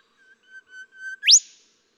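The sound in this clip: Golden whistler song: a series of steady whistled notes growing louder, ending in a sharp upswept whip-crack note.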